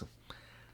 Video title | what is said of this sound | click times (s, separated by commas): Lostvape Ursa Baby Pod Kit | clicky sound that it makes the magnets are strong it's enough to get a pro | 0.3 s